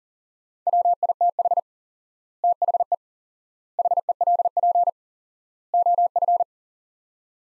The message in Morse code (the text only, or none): WITH THE HELP OF